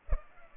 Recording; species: mosquito wingbeat signal from an infrared sensor; Culex pipiens